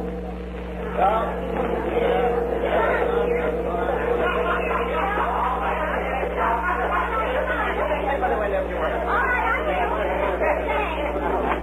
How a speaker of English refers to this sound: Come on, kid. There's our bus pulling in.